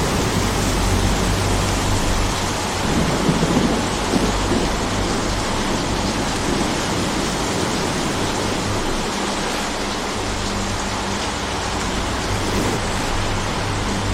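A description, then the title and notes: Rain and wind roar together in a dense, steady wash that stays loud for the whole stretch. A deep rumble sits underneath, swelling around three to five seconds and again near the end, with a low hum holding steady through the middle. The Most Beautiful Sounds of Rain and Wind!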